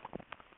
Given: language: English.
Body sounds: throat vibration sensor signal played as sound; swallow

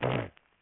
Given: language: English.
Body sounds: throat vibration sensor signal played as sound; throat clearing

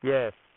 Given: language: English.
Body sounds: throat vibration sensor signal played as sound; speech

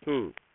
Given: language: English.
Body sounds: throat vibration sensor signal played as sound; speech

